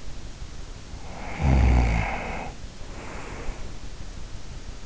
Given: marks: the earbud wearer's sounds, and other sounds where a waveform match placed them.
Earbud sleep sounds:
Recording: sounds in sleep by an in-ear microphone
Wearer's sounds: snoring breath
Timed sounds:
1.02-3.81 s: snoring breath

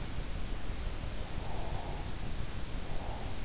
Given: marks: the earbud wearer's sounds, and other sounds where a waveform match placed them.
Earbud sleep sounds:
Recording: sounds in sleep by an in-ear microphone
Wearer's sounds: breath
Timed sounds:
1.38-3.44 s: breath

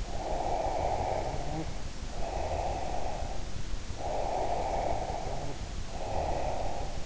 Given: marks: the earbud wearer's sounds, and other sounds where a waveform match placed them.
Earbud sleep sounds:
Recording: sounds in sleep by an in-ear microphone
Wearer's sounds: breath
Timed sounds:
0.04-3.65 s: breath
3.94-7.06 s: breath

